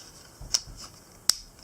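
The leg section of a plastic Titans Return Galvatron transforming robot toy is extended and pushed during transformation, giving a short sharp tick at 0.5 s and then a louder crisp click at 1.3 s as the ratchet joint clicks into place. The leg is seated, though the clicker on this leg is kind of loose.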